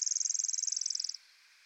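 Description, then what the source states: Pacific wren giving a short, very high, even trill of rapidly repeated notes lasting just over a second, then silence. Very loud, lively bird that sings almost constantly in forest.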